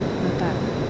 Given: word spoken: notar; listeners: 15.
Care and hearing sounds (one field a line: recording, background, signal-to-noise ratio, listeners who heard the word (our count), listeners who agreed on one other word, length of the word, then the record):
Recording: one Spanish word in noise, from a listening test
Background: speech-shaped noise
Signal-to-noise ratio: -5.8 dB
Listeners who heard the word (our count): 0 of 15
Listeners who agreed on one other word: 7 of 15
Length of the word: 0.50 s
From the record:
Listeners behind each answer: 7, 3, 1, 1, 1, 1, 1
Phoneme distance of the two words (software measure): 14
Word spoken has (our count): 2 syllables, 5 phonemes, stress on syllable 2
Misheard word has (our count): 2 syllables, 5 phonemes, stress on syllable 2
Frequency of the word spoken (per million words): 17.86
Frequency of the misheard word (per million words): 1.74